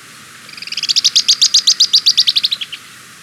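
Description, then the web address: Stout-billed cinclodes, a rapid high trill of many notes, swelling in volume, then fading and dropping slightly at the end. Recorded in Ecuador. "Birds of Ecuador. Stout-Billed Cinclodes"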